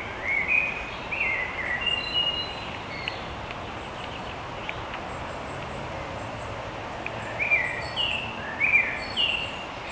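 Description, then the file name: Northern goshawk calls: short, high notes in clusters of two or three, with a long pause between bursts, over a steady hiss of background noise. "Accipiter gentilis"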